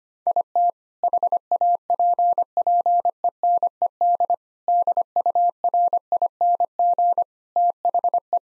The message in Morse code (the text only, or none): IT HAPPENED DURING THE